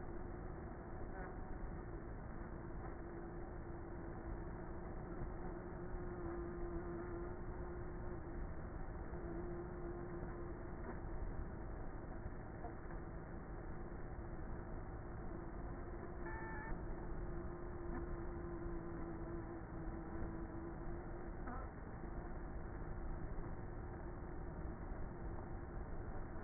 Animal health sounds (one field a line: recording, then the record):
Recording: honeybee colony, microphone inside the hive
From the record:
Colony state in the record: queenless with a low population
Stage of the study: before two queens were removed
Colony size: about 30,000 bees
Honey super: no